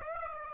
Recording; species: mosquito wingbeat signal from an infrared sensor; Aedes aegypti